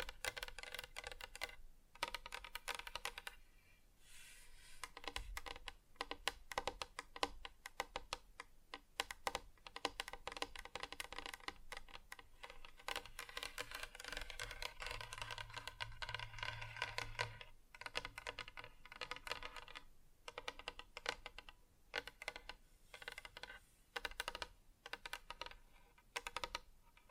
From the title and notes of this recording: ASMR Just Tapping (Different Surfaces No Talking).